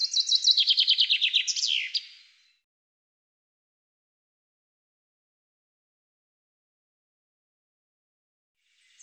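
Common chaffinch singing one fast, rattling phrase of repeated notes that slides lower and closes with a downward flourish, followed by several seconds of silence and a brief start of another phrase.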